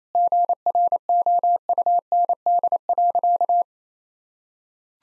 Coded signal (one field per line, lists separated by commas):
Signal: Morse code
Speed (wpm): 28 wpm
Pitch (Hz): 700 Hz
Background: none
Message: GROUND.